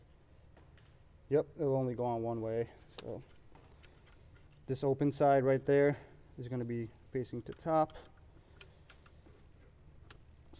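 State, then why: Seated. A wiring connector is pushed onto the high pressure fuel pump of a BMW 335i N54, open side facing up, since it only fits one way. Someone talks, followed by a few faint ticks of handling. A sharp click at 10.1 s marks the connector snapping into place and latching.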